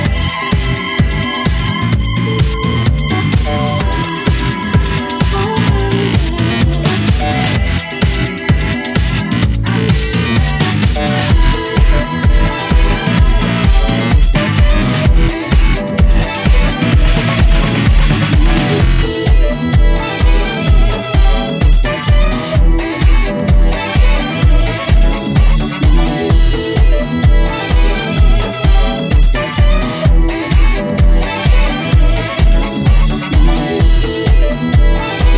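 Loud dance music plays at a bumper car ride. A steady, driving beat thumps at a fast, even pace throughout, with a thick low bass and bright repeating synth lines layered on top. The level stays high and constant for the whole stretch.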